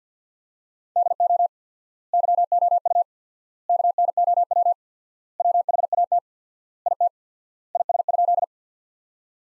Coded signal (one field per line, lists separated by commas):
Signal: Morse code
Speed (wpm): 50 wpm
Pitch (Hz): 700 Hz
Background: none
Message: DO YOU KNOW WHAT IT IS?